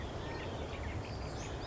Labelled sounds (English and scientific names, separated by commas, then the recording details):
Western Flycatcher (Empidonax difficilis)
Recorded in Sonoma County, California